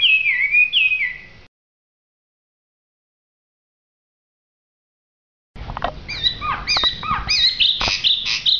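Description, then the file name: Hwamei song: a loud warbled opening phrase, then after silence a rapid sequence of looping, sweeping whistles and chirpy notes. Song described as gacor. "audio hwamei gacor. omkicau"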